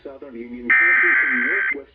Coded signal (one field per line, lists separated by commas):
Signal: Emergency Alert System (SAME) tones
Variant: header bursts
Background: speech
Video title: EAS #987 - #990 Severe Thunderstorm Warnings